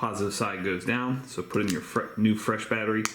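A new CR2032 coin cell is being pressed, positive side down, into the battery holder of a 2009–2015 Ford key fob while someone talks throughout. Only the speaking voice and faint handling are heard, and nothing has seated or clicked yet when the clip ends.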